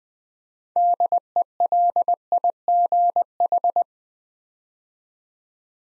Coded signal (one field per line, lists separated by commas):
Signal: Morse code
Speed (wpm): 20 wpm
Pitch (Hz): 700 Hz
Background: none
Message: DELIGH